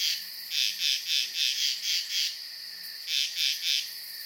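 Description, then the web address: Night insects in chorus: a steady high-pitched drone with bursts of rapid pulsed chirps in two runs separated by a short lull. Night ambience of insects. "sound-effects-bible Night Insects Frogs"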